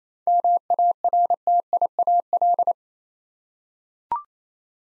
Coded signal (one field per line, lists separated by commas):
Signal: Morse code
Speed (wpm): 28 wpm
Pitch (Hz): 700 Hz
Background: none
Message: MARTIAL